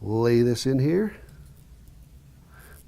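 A shielded Cat5e keystone jack is laid into the termination tool's cavities and lined up with the blades before crimping. Someone talks briefly, then only soft handling sounds follow, with faint ticks around 1.6 and 1.9 seconds. Nothing has seated or clicked yet.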